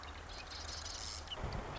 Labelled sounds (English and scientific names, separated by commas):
Marsh Wren (Cistothorus palustris)